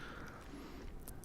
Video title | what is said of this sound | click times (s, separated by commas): It's Not Rocket Appliances: One Way Bearing Install (Derbi PP) | give it a little push down until you hear it snap and lock into place | 1.1 s, 1.2 s